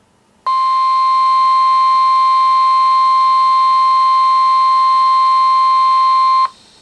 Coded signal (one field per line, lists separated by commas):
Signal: Emergency Alert System (SAME) tones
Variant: 1050 Hz attention tone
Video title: EAS #5-#9: SVRs in JANUARY? | KHB36